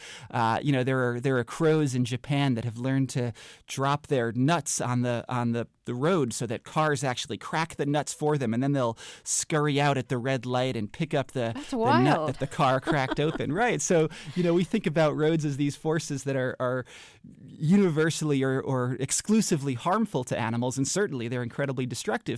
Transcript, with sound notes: You know, there are crows in Japan that have learned to drop their nuts on the road so that cars actually crack the nuts for them. And then they'll scurry out at the red light and pick up...
That's wild (laughter).
...The nut that the car cracked open. Right. So, you know, we think about roads as these forces that are universally or exclusively harmful to animals. And certainly, they're incredibly destructive.